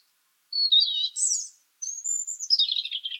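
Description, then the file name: European robin delivering two high, sweet phrases, the first a wavering whistle rising into a rapid flourish, the second a long thin note falling into twitters. "Erithacus rubecula"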